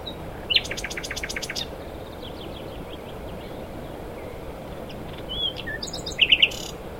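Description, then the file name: Common nightingale song, a rapid train of sharp repeated notes, then scattered whistles and a closing burst of three loud notes, over steady background noise. "Luscinia megarhynchos"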